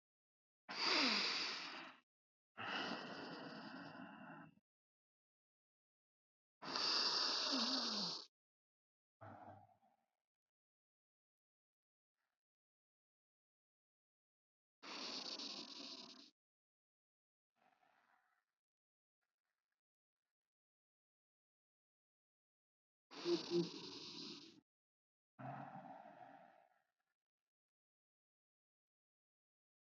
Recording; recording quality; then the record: shallow breathing; excellent, no background noise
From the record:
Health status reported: healthy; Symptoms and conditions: cough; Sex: male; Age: 32 years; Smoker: not ticked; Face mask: not worn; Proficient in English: yes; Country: United States